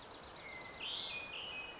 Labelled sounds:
Hermit Thrush (Catharus guttatus)
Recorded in Sonoma County, California

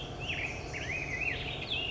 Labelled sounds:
Black-headed Grosbeak (Pheucticus melanocephalus)
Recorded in Sonoma County, California

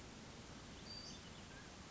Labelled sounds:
Western Flycatcher (Empidonax difficilis)
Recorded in Sonoma County, California

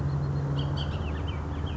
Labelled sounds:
Bullock's Oriole (Icterus bullockii)
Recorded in Sonoma County, California

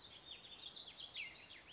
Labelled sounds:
Warbling Vireo (Vireo gilvus)
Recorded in Sonoma County, California

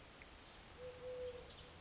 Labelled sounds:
Eurasian Collared Dove (Streptopelia decaocto)
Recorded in Sonoma County, California

